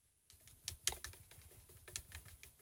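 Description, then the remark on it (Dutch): Coffee being stirred: a run of light, irregular clicks and scrapes with a few sharper bright clinks standing out, over a low steady rumble, with no talking. “Ik ga nog een keer goed roeren.”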